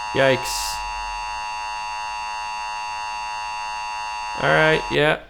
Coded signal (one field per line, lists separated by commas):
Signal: Emergency Alert System (SAME) tones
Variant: 853 and 960 Hz attention tone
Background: speech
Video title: Watching Emergency Alert Horror Videos Until I Get Scared